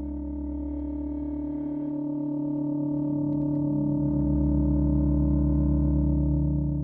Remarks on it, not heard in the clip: So you'd put in the foam earplugs to protect your ears and you hear the thing you're afraid of, the tinnitus.